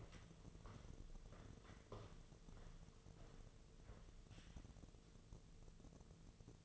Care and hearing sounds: daily activity, microphone in the room; walk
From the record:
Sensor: 4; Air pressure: 1006.3 hPa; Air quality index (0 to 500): 84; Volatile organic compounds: 2 ppm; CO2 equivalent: 1030 ppm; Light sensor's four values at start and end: 12/27/10/10 and 12/27/10/10

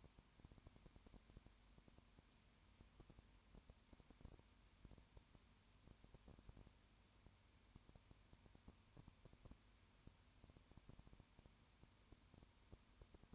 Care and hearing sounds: daily activity, microphone in the room; no activity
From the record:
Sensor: 2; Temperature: 20.8 degrees Celsius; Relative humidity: 38.3%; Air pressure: 1010.4 hPa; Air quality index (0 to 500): 200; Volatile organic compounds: 19 ppm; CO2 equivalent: 2654 ppm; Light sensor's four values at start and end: 2/3/2/2 and 2/3/2/2

